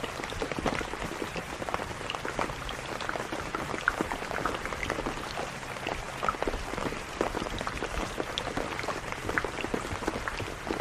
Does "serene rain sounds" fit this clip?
yes